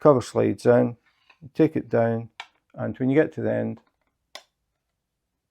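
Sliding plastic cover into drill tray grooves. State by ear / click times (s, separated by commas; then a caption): seated / 4.4 s. A plastic cover is slid along two grooves on a diamond painting drill tray until it reaches the end, while someone talks. A single short, sharp click at 4.4 s marks the cover locking into place on the tray.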